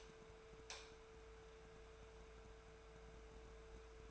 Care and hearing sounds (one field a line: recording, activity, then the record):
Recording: daily activity, microphone in the room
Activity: light on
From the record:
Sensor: 2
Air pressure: 1014.4 hPa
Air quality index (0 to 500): 175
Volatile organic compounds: 11 ppm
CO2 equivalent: 2313 ppm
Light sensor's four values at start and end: 10/24/10/10 and 14/40/16/17